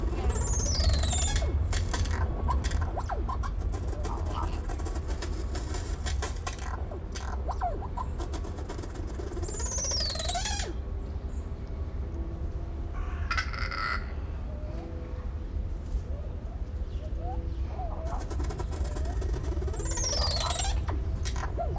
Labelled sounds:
Crested Oropendola (Psarocolius decumanus)
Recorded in captivity
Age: adult
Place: Zoo Berlin, Berlin, DE
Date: 1992-12-25 12:03
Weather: heiter, -7°C
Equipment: Marantz CP 430, Sennheiser ME 80, Kopie Uher Variocord 263
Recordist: Tembrock, Günter

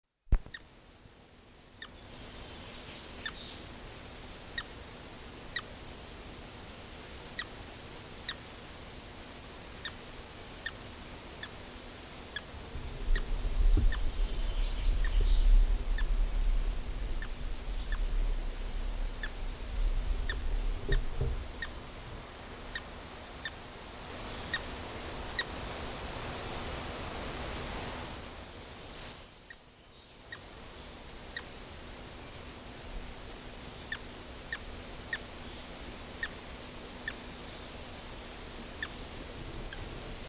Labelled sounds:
Grey-headed Woodpecker (Picus canus) call
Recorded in the wild
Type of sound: call
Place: Detmold, OT Hiddesen, Teutoburger Wald, Nordrhein-Westfalen, DE
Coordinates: 51.9272, 8.80583
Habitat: pond
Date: 1967
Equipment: Uher 4000 Report-S, Bändchenmikro Beyer M 260, Parabolspiegel Polyester (470 mm)
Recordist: Conrads, Klaus
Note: NSG Donoper Teich bei Detmold. Kück-Rufe. Keine genaue Datumsangabe: März 1967

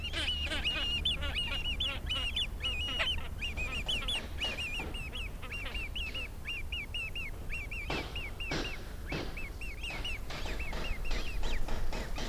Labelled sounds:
Great Crested Grebe (Podiceps cristatus) call
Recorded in the wild
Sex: diverse
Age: diverse
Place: Marmorpalais am Heiligen See, Brandenburg, DE
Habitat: See
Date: 1997-09-03 12:23
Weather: 19°C, bedeckt
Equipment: Sony MD-WM MZ-R3, Sennheiser ME 80, K 30 AV, Kopie Uher 4000 Report Monitor
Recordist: Tembrock, Günter

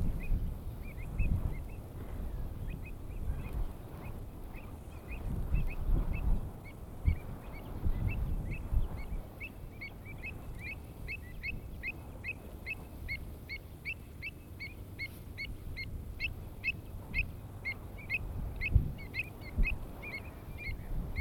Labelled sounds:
Pied Avocet (Recurvirostra avosetta) call
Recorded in the wild
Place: Landow, Insel Rügen, Mecklenburg-Vorpommern, DE
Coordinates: 54.404, 13.263
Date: 1969-06-29
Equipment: Nagra III BH, Sennheiser MD 421, parabola
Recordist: Schubert, Michael

